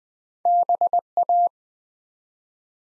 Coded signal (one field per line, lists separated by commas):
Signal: Morse code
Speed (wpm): 20 wpm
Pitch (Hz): 700 Hz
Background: none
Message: BA